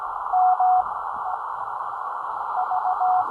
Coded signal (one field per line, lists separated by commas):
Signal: Morse code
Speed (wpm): 15 wpm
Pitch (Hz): 740 Hz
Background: none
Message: M V